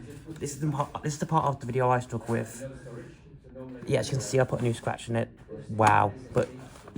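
A plastic screen bezel (facia) is being refitted onto the display lid of a 2015 HP Pavilion 15 laptop while someone talks throughout, with soft handling and shuffling sounds between the words. The bezel clip has not yet snapped into place, and nothing has seated or clicked by the end.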